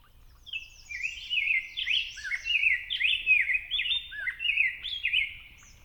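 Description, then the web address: Rose-breasted grosbeak song, a rich run of sweet, rolling whistled phrases, slurred up and down, flowing almost without a break for about five seconds. "Know Your Bird Sounds Common Western Species. Rose-breasted Grosbeak"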